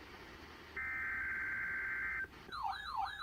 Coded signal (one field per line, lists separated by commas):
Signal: Emergency Alert System (SAME) tones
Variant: header bursts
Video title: EAS #618-619: Required Weekly Test